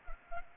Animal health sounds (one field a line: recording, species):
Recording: mosquito wingbeat signal from an infrared sensor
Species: Culex pipiens